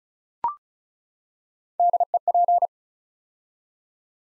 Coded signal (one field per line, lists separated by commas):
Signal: Morse code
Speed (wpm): 36 wpm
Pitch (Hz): 700 Hz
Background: none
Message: DEP